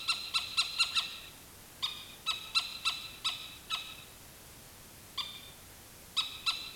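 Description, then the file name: Animal alarm calls: hurried runs of short, harsh notes, some fainter, repeated in uneven groups throughout. "SLA alarm"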